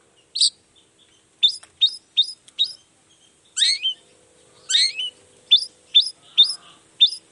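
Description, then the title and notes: Long-tailed shrike song: bright high chips in quick series, broken by two harsh falling calls, then more rapid chips. Long-tailed shrike in full song (gacor) in the morning, singing the 'toet toet' variation; said to prompt other shrikes to answer. "Cendet Gacor Dor Di Kala Pagi Toet Toet Variasi Suara. Burung cendet"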